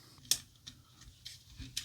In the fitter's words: All right. And those just snap into place